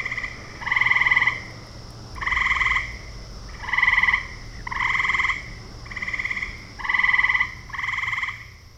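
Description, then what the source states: Frogs giving several loud, rattling pulsed croaks with short gaps between them, over a thin, constant high hum. Several frogs calling in a ravine at night.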